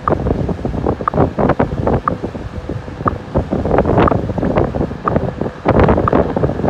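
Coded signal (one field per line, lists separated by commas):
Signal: radio time signal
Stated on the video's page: WWVH time signal received around 15 MHz from San Francisco amid wind, surf and traffic.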